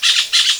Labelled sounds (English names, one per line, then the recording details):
Brown-throated Parakeet contact call
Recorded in Venezuela
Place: Guárico; Corozopando; Fundo La Fe
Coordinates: 8.506, -67.593